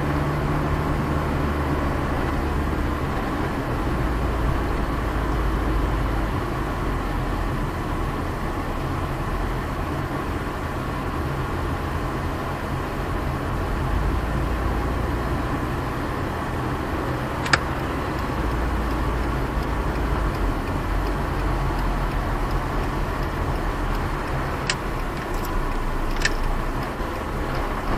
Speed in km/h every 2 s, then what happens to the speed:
33, 35, 34, 30, 25, 24, 25, 26, 28, 30, 29, 24, 19, 13.
3-10 slows to 24. 10-20 steady at about 26. 20-28 slows to 13.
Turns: 24-28.